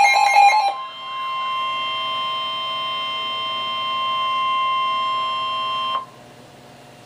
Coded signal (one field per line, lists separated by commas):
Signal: Emergency Alert System (SAME) tones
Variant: 1050 Hz attention tone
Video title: EAS Alert #249 (Severe Thunderstorm Warning)